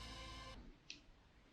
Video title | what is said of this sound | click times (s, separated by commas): Film Picker Wigobolt - Tutorial/review | that was the little click and then you put the back one in | 0.9 s